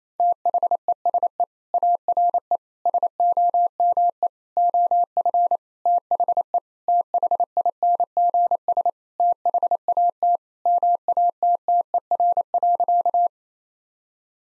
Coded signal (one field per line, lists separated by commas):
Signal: Morse code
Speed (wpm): 28 wpm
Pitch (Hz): 700 Hz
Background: none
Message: THESE ARE SOME OF THE THINGS THAT MATTER.